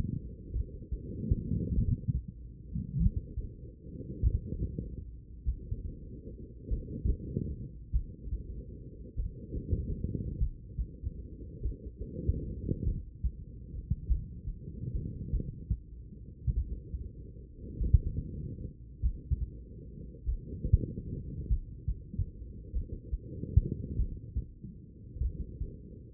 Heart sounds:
heart sounds by stethoscope; 49 bpm
0.51 s: heartbeat
1.73 s: heartbeat
2.96 s: heartbeat
4.20 s: heartbeat
5.43 s: heartbeat
6.67 s: heartbeat
7.90 s: heartbeat
9.14 s: heartbeat
10.37 s: heartbeat
11.60 s: heartbeat
12.83 s: heartbeat
14.06 s: heartbeat
15.30 s: heartbeat
16.53 s: heartbeat
17.77 s: heartbeat
19.00 s: heartbeat
20.24 s: heartbeat
21.47 s: heartbeat
22.71 s: heartbeat
23.95 s: heartbeat
25.20 s: heartbeat
From the record:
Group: heart failure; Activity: rest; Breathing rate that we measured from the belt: 21 breaths a minute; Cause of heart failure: idiopathic cardiomyopathy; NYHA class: 2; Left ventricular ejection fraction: 53%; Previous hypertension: present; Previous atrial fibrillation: present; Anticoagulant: apixaban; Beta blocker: bisoprolol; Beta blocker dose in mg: 2.5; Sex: female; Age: 67 years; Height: 150 cm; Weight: 81 kg

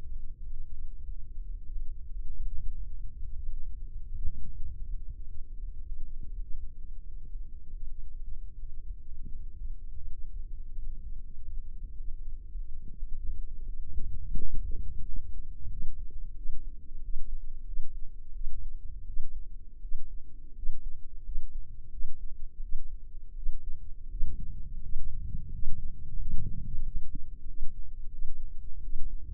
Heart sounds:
heart sounds by microphone in the left ear; 86 bpm
0.07 s: heartbeat
0.75 s: heartbeat
1.45 s: heartbeat
2.10 s: heartbeat
2.74 s: heartbeat
3.40 s: heartbeat
4.10 s: heartbeat
4.85 s: heartbeat
5.59 s: heartbeat
6.30 s: heartbeat
7.04 s: heartbeat
7.78 s: heartbeat
8.56 s: heartbeat
9.30 s: heartbeat
10.01 s: heartbeat
10.74 s: heartbeat
11.48 s: heartbeat
12.23 s: heartbeat
12.93 s: heartbeat
13.64 s: heartbeat
14.36 s: heartbeat
15.04 s: heartbeat
15.68 s: heartbeat
16.34 s: heartbeat
17.00 s: heartbeat
17.64 s: heartbeat
18.32 s: heartbeat
19.05 s: heartbeat
19.80 s: heartbeat
20.53 s: heartbeat
21.22 s: heartbeat
21.90 s: heartbeat
22.60 s: heartbeat
23.34 s: heartbeat
24.08 s: heartbeat
24.79 s: heartbeat
25.49 s: heartbeat
26.16 s: heartbeat
26.82 s: heartbeat
27.44 s: heartbeat
28.09 s: heartbeat
28.80 s: heartbeat
From the record:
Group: healthy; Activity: rest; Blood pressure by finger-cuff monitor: 124/75 mmHg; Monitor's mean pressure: 92 mmHg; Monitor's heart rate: 86 bpm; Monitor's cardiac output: 7.1 L/min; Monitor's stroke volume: 81 mL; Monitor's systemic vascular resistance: 960 dyn s/cm5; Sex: female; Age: 24 years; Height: 163 cm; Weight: 55.7 kg

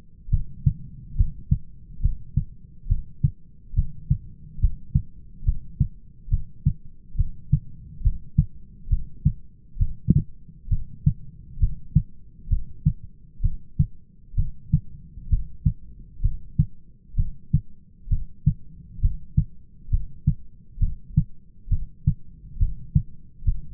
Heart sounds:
heart sounds by stethoscope; 67 bpm
0.32 s: heartbeat
1.19 s: heartbeat
2.03 s: heartbeat
2.90 s: heartbeat
3.77 s: heartbeat
4.62 s: heartbeat
5.47 s: heartbeat
6.32 s: heartbeat
7.18 s: heartbeat
8.04 s: heartbeat
8.91 s: heartbeat
9.80 s: heartbeat
10.71 s: heartbeat
11.61 s: heartbeat
12.51 s: heartbeat
13.43 s: heartbeat
14.37 s: heartbeat
15.31 s: heartbeat
16.23 s: heartbeat
17.18 s: heartbeat
18.11 s: heartbeat
19.02 s: heartbeat
19.92 s: heartbeat
20.81 s: heartbeat
21.71 s: heartbeat
22.60 s: heartbeat
23.46 s: heartbeat
From the record:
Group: heart failure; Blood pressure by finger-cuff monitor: 133/93 mmHg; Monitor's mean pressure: 107 mmHg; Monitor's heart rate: 67 bpm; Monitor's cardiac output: 6.1 L/min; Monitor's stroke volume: 91 mL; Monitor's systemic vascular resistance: 1330 dyn s/cm5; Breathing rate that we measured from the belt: 17 breaths a minute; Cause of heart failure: idiopathic cardiomyopathy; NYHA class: 1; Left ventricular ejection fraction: 50%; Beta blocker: bisoprolol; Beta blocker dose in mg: 5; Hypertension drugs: candesartan, spironolactone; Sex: male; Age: 54 years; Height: 180 cm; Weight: 94.6 kg

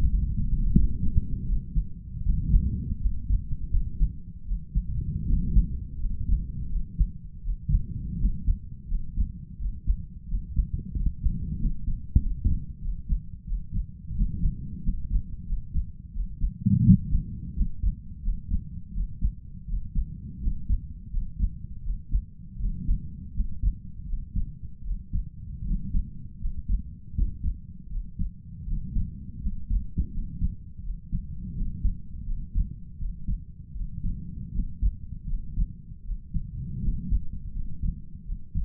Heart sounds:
heart sounds by stethoscope; 83 bpm
0.07 s: heartbeat
0.72 s: heartbeat
1.45 s: heartbeat
2.22 s: heartbeat
2.99 s: heartbeat
3.69 s: heartbeat
4.44 s: heartbeat
5.25 s: heartbeat
5.98 s: heartbeat
6.68 s: heartbeat
7.41 s: heartbeat
8.17 s: heartbeat
8.87 s: heartbeat
9.57 s: heartbeat
10.26 s: heartbeat
10.94 s: heartbeat
11.57 s: heartbeat
12.18 s: heartbeat
12.80 s: heartbeat
13.45 s: heartbeat
14.13 s: heartbeat
14.81 s: heartbeat
15.45 s: heartbeat
16.11 s: heartbeat
16.82 s: heartbeat
17.53 s: heartbeat
18.21 s: heartbeat
18.91 s: heartbeat
19.65 s: heartbeat
20.39 s: heartbeat
21.09 s: heartbeat
21.81 s: heartbeat
22.57 s: heartbeat
23.32 s: heartbeat
24.05 s: heartbeat
24.82 s: heartbeat
25.63 s: heartbeat
26.38 s: heartbeat
27.12 s: heartbeat
27.88 s: heartbeat
28.64 s: heartbeat
29.39 s: heartbeat
30.10 s: heartbeat
30.81 s: heartbeat
31.53 s: heartbeat
32.24 s: heartbeat
32.96 s: heartbeat
33.72 s: heartbeat
34.51 s: heartbeat
35.25 s: heartbeat
36.02 s: heartbeat
36.80 s: heartbeat
37.51 s: heartbeat
38.23 s: heartbeat
From the record:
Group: healthy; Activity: rest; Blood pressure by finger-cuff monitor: 92/58 mmHg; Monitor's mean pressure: 68 mmHg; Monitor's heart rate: 83 bpm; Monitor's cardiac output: 5.4 L/min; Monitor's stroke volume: 66 mL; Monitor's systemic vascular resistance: 850 dyn s/cm5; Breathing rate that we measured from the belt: 21 breaths a minute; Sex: male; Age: 22 years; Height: 181 cm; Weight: 60 kg

